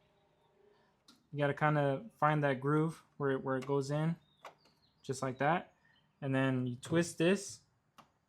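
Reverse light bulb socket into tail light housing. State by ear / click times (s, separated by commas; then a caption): seated / 8.0 s. A plastic bulb socket holding a new LED bulb is put back into the reverse light tail light housing of a 2022-or-newer Chevrolet Silverado and twisted while someone talks. A light tick is heard at 8.0 s as the socket twist-locks and seats in the housing.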